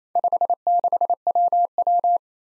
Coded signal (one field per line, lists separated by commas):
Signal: Morse code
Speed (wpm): 27 wpm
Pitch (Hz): 700 Hz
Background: none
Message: 56WW